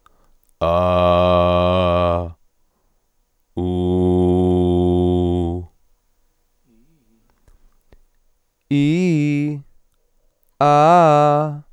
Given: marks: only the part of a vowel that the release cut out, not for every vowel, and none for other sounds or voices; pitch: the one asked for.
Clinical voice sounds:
sustained vowels; male; 30 to 39 years; 1; 1; 1
0.70-2.13 s: vowel /a/, low pitch
3.68-5.40 s: vowel /u/, low pitch
10.65-11.43 s: vowel /a/, low-high-low pitch
From the record:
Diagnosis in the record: dysodia (singing voice disorder), lisp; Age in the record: 30 years

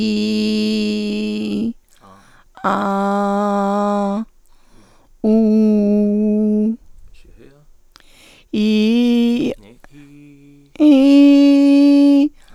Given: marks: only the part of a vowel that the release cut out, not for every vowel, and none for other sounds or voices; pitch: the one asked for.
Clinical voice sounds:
sustained vowels; female; 50 to 59 years; 2; 1; 2
0.00-0.69 s: vowel /i/, normal pitch
2.76-4.06 s: vowel /a/, normal pitch
5.37-6.61 s: vowel /u/, normal pitch
10.98-12.17 s: vowel /i/, high pitch
From the record:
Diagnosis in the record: hyperfunctional dysphonia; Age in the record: 50 years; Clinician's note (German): Ponogen

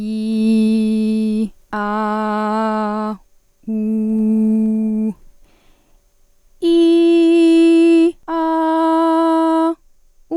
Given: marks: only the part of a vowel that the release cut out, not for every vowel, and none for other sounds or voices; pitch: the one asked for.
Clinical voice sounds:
sustained vowels; female; 30 to 39 years; 0; 0; 0
0.00-1.35 s: vowel /i/, normal pitch
1.90-3.07 s: vowel /a/, normal pitch
3.81-4.98 s: vowel /u/, normal pitch
6.81-7.98 s: vowel /i/, high pitch
8.46-9.62 s: vowel /a/, high pitch
From the record:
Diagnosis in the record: healthy voice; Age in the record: 30 years

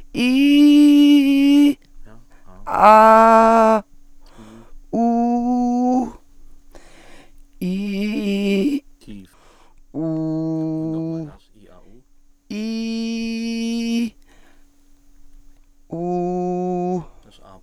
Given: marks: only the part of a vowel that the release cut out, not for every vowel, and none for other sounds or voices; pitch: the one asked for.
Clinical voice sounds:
sustained vowels; female; 50 to 59 years; 1; 0; 0
0.30-1.60 s: vowel /i/, high pitch
3.14-3.71 s: vowel /a/, high pitch
5.03-5.92 s: vowel /u/, high pitch
12.62-13.85 s: vowel /i/, low pitch
16.01-16.91 s: vowel /u/, low pitch
From the record:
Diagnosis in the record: healthy voice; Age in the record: 55 years

